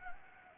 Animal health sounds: mosquito wingbeat signal from an infrared sensor; Anopheles gambiae

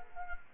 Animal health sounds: mosquito wingbeat signal from an infrared sensor; Culex quinquefasciatus

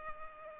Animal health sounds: mosquito wingbeat signal from an infrared sensor; Culex pipiens

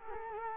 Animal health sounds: mosquito wingbeat signal from an infrared sensor; Culex quinquefasciatus

